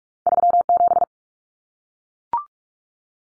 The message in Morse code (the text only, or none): 37